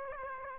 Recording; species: mosquito wingbeat signal from an infrared sensor; Aedes aegypti